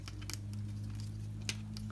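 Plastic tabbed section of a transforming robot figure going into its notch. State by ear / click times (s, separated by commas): not seated / none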